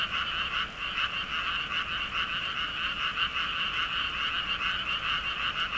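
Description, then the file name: Frogs calling in a dense, steady chorus of rapid rattling croaks that pulse continuously without pause. "kaeru"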